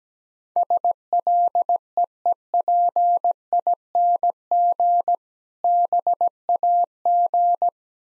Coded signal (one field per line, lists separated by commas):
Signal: Morse code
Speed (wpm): 17 wpm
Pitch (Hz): 700 Hz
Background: none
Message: SLEEPING BAG